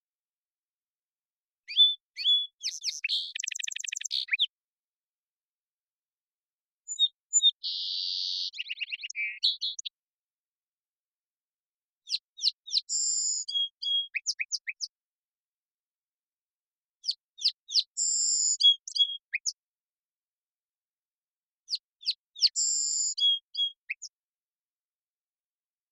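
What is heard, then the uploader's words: A song sparrow sings five bright song phrases about every five seconds, each a run of quick notes and trills, with silent gaps between. Song Sparrow, Melospiza melodia, Song, parabolic recording, clean-processed for clarity, natural pace and rhythym maintained, family: New World Sparrows Recorded in the beautiful Pacific Northwest, Washington, United States. Song Sparrow Song.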